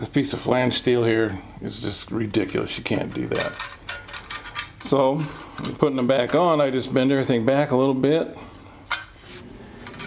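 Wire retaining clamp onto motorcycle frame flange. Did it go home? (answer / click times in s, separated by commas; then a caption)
yes / 9.9 s. A metal wire-retaining clamp is bent back slightly and pushed onto the frame flange of an Excelsior-Henderson Super X motorcycle during a ground wire replacement. Someone talks over faint metallic handling sounds. The clamp snaps into place with a single sharp metallic click at 9.9 s.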